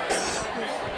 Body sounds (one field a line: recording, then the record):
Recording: coughing mixed with background sound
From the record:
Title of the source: 31 night wet cough